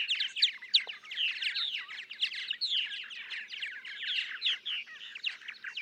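Purple martin song: dense, unbroken stream of rapid gurgling chirps and croaks, fairly steady in loudness.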